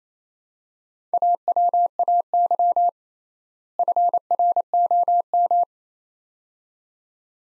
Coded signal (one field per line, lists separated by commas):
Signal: Morse code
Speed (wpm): 28 wpm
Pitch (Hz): 700 Hz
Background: none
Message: AWAY FROM